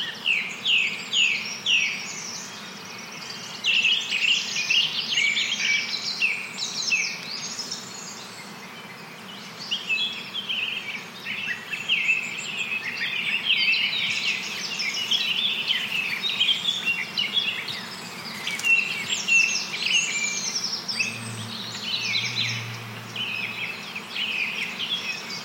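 A forest soundscape thick with overlapping birdsong: quick chirps and trills crowd the upper range almost without pause, busiest in the first half and again near the end. A low, steady hum runs underneath, with a brief deeper drone around 21 to 24 seconds.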